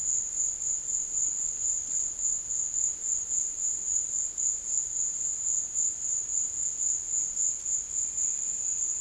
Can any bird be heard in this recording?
no